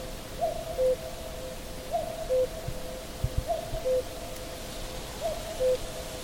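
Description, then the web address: Common cuckoo calling its two-note cu-coo, a higher note dropping to a lower one, repeated four times about every one and a half seconds, with a few low thumps. Recorded 30 May 2023. "linnut cuculus 300523"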